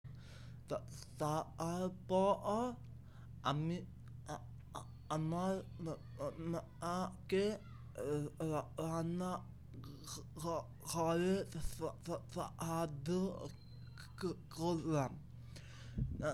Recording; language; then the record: elicited speech; Bengali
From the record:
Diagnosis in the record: Broca's or global aphasia after a stroke